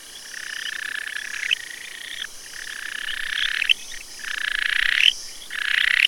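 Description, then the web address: Frog calls, long buzzy rasping trills lasting over a second each, separated by short pauses. Recorded 9 August 2015. "frog rec 150809"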